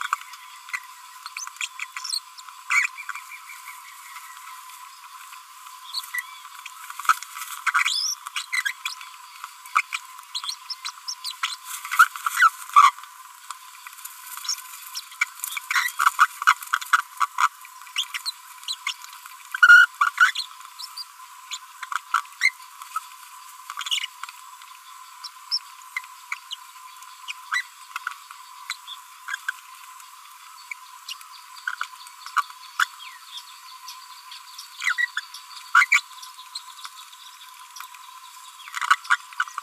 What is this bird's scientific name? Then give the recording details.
Forpus passerinus. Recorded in a nest box in Venezuela. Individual 18B25A5